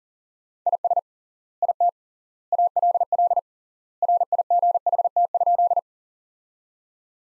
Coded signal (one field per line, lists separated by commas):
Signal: Morse code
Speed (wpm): 40 wpm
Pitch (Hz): 700 Hz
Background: none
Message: IS IT ALL RIGHT?